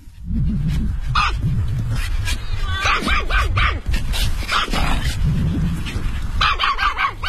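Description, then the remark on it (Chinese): Several dogs bark and yip at a dog park with a large lawn of about 3,500 square metres, in overlapping bursts, sharp high barks mixed with a few whimpers, continuing steadily over a busy background hum with no clear talk. “为了防止宠物从公园里突然地跑出来，公园的入口有个铁门，打开铁门进入后，眼前是一大片辽阔的草地，草地的面积约为3500平米，小狗可以在草地上任意地奔跑玩耍。”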